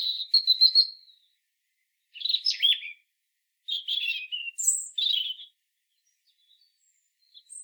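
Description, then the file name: European robin song: a thin high warble, then several quick bursts of tumbling, liquid notes with short gaps, ending in faint scattered notes. "Erithacus rubecula"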